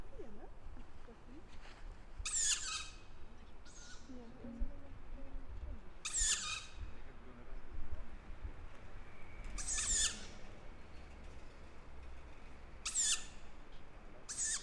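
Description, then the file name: Tawny owl repeating loud, scratchy hissing calls every few seconds, six in total, one much fainter, with soft low sounds between. "waldkauz"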